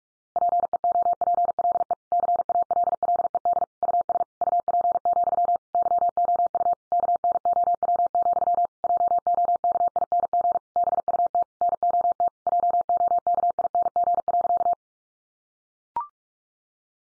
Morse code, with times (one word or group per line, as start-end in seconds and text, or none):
0.4-1.9 PEOPLE
2.1-3.6 CALLED
3.8-4.2 US
4.4-5.6 UP,
5.7-6.7 YOU
6.9-8.7 KNOW,
8.8-10.6 JOKING
10.8-11.4 BUT
11.6-12.3 NOT
12.5-14.7 JOKING.